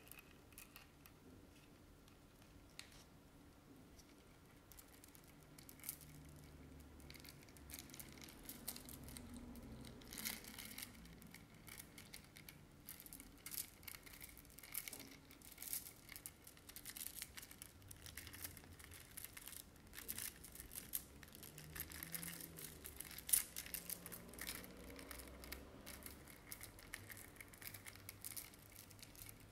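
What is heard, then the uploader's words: Long nails tap and scratch across objects, dense crisp clicks and rasping strokes continuing steadily throughout. ASMR Tapping and Scratching Sounds with Long Nails (Various Objects).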